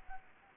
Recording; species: mosquito wingbeat signal from an infrared sensor; Anopheles gambiae